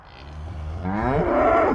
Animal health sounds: contact call of a hoofed animal; cattle; low-frequency (closed-mouth) or high-frequency (open-mouth) call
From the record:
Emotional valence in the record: negative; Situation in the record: full separation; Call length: 1.76 s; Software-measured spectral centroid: 1020 Hz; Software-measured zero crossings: 1120 a second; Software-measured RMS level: -22 dBFS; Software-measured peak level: -8 dBFS

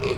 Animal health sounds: contact call of a hoofed animal; pig; closed-mouth grunt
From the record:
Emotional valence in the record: positive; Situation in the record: food and toys in familiar pen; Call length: 0.17 s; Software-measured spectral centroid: 2190 Hz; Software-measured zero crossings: 1680 a second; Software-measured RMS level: -25 dBFS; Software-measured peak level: -13 dBFS

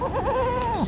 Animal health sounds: contact call of a hoofed animal; goat; low-frequency (closed-mouth) or high-frequency (open-mouth) call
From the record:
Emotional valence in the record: negative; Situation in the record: short social isolation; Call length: 0.88 s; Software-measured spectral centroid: 1820 Hz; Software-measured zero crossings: 1520 a second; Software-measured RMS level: -24 dBFS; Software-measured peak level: -13 dBFS

